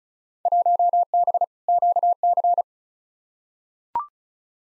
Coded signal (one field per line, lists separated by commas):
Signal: Morse code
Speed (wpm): 34 wpm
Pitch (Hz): 700 Hz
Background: none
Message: 1B QC